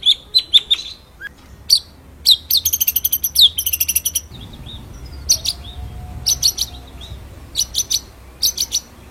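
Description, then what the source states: White-rumped shama: bird song of sharp high chips and a rapid burst of thin repeated notes, followed by spaced high call notes over light hiss. Masteran recording, a training song played to teach songbirds, with full rolling (ngerol) song and shooting (nembak) phrases.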